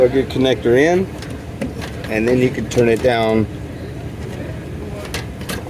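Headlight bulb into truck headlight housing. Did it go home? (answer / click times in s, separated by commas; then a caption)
yes / 5.1 s. Someone talks while a headlight bulb with a new connector is turned down into the plastic headlight housing of a 2012 Chevy Silverado truck, as part of fixing a headlight bulb that keeps going out. After the talking, a sharp click at 5.1 s marks the bulb locking into the housing, followed by a few small clicks, and the bulb is seated.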